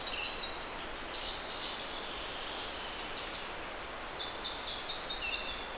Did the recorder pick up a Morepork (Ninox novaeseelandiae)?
no